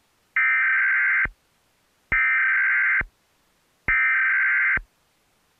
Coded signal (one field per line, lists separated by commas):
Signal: Emergency Alert System (SAME) tones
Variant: header bursts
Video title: NickToons Review! @ Nite EAS Test, July 29th , 2018. 9:25pm